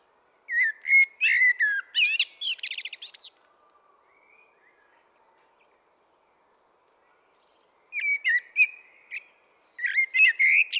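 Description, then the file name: Common blackbird singing three phrases, each beginning with a low fluted warble and breaking into high, squeaky twittering, with quiet gaps between them. "Turdus merula"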